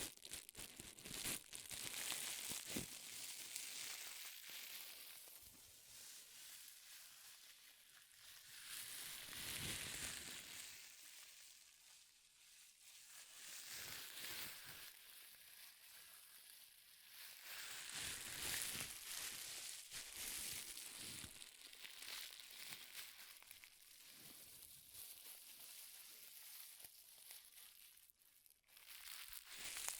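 Powerful crinkles crackle densely and bright throughout, swelling and easing in waves, with sharp sudden crunches near ten and twenty-eight seconds.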